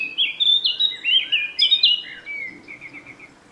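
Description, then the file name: Eurasian blackcap song: a rich, fluty warble of clear whistled notes that slides downward and ends in a short series of quick repeated notes. "Sylvia atricapilla"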